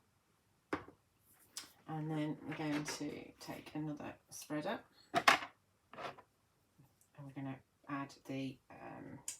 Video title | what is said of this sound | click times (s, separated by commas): Paints and Powders and Texture Medium | the lid on wait for it to click in place | 0.7 s